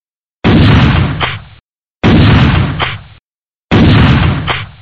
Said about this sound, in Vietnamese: Ba tiếng súng trường nổ rất đanh, báo hiệu đường đã thông.